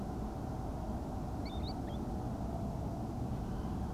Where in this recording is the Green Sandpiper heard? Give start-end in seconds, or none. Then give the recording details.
1.45-1.98. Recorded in France